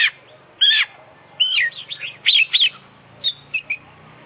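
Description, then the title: Oriental magpie-robin song in a quick run of varied whistled and chattering notes, several bright bursts in close succession, then a few shorter clipped notes. Competition bird (kacer) described as an international champion, singing a full, complete set of fill-in phrases (isian). "KICAU KACER JUARA INTERNASIONAL FULL ISIAN KOMPLIT DURASI PANJANG"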